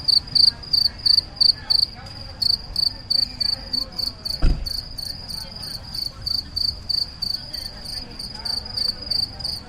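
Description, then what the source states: Cricket chirping in a rapid steady series of short, high, pulsed bursts, with a brief loud knock midway and faint low background rumble. Single cricket chirping very loudly in a tree on a city promenade, Lloret de Mar, Spain, October 2017, warm evening after sunset.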